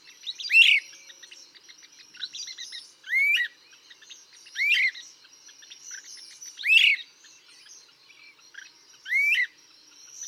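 Great crested flycatcher giving repeated rising wheep calls every few seconds, with a steady background of other birds' chips.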